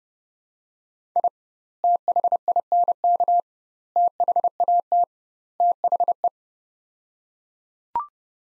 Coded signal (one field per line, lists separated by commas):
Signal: Morse code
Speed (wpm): 30 wpm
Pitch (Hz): 700 Hz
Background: none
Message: I THINK THAT THE